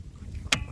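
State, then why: Seated. After being clamped on and having its screws tightened, a boat's outboard motor is moved into position and locks into its mount or tilt lock with a single sharp, loud click at 0.5 s over a low background rumble. The motor is seated and locked in place.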